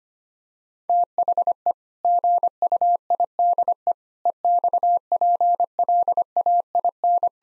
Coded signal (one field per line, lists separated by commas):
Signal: Morse code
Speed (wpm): 25 wpm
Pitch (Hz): 700 Hz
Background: none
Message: THE GUIDE EXPLAIN